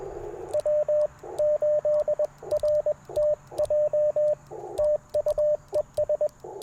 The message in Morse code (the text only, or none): W8RTJ TU ES